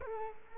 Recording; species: mosquito wingbeat signal from an infrared sensor; Culex quinquefasciatus